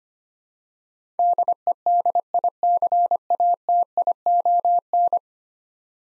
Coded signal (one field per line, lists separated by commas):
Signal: Morse code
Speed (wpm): 25 wpm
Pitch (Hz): 700 Hz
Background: none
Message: DEDICATION